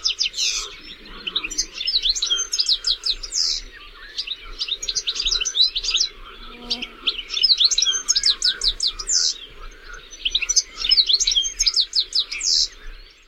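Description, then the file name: European goldfinch giving liquid twitters and bright chirps in bursts separated by brief gaps. "Carduelis carduelis"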